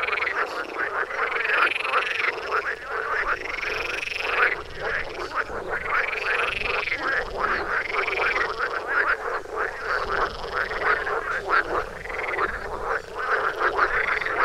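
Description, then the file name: Frog chorus of many arched croaks overlapping steadily, with repeated surges throughout. "toms frogs for wilson"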